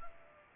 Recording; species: mosquito wingbeat signal from an infrared sensor; Culex pipiens